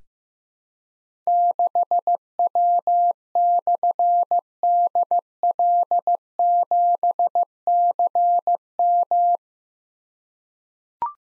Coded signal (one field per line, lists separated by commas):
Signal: Morse code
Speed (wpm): 15 wpm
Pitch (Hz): 700 Hz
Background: none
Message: 6W/DL7CM